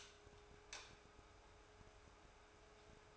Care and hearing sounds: daily activity, microphone in the room; light off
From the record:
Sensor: 2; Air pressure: 1010.0 hPa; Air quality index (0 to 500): 160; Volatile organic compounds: 7 ppm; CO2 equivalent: 2009 ppm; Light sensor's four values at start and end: 44/112/49/54 and 40/95/42/48

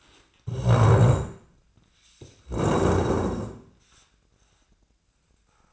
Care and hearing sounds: daily activity, microphone in the room; stand up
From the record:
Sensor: 2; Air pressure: 1012.1 hPa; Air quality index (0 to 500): 156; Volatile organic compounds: 2 ppm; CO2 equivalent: 1150 ppm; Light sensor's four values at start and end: 50/123/53/62 and 36/92/39/45

